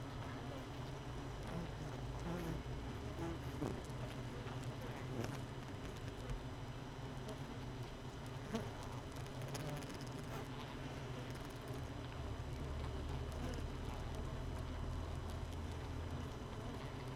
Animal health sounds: honeybee colony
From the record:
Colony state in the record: missing queen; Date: 31 May 2018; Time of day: 7:16

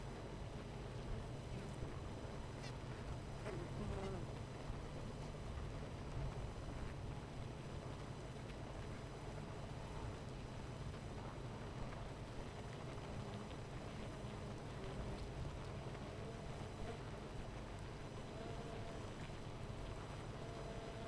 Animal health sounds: honeybee colony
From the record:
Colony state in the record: missing queen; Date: 14 July 2017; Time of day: 10:50

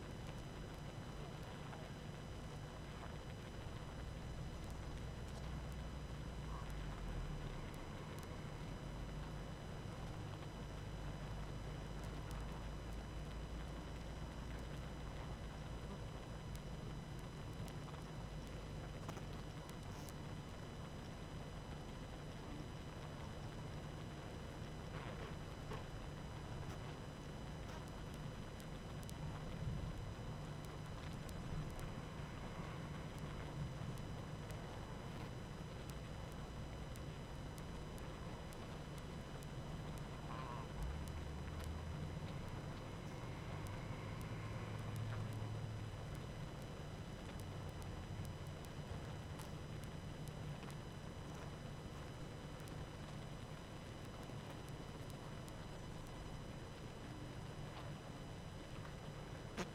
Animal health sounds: honeybee colony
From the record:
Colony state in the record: active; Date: 12 June 2018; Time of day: 19:28

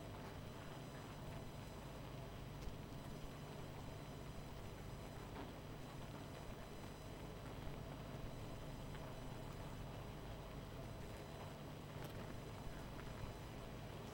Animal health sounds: honeybee colony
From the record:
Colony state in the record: missing queen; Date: 14 July 2017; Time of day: 21:37

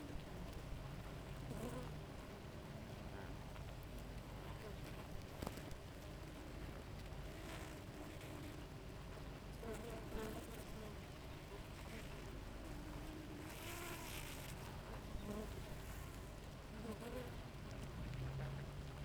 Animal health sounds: honeybee colony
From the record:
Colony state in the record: active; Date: 28 July 2017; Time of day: 5:11

